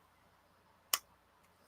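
A ribbon cable's header connector is pressed onto the circuit board header of a JHS Notadümblë guitar pedal kit. After a quiet lead-in, one sharp, bright snap sounds at 0.9 s, and a second louder burst starts near the end of the clip. The connector seats with the snap and the ribbon is installed.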